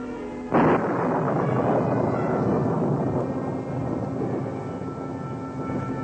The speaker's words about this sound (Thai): บัดนี้สายฟ้าแลบจากความพิโรธของพระเจ้าพุ่งตรงมายังกรุงเยรูซาเล็ม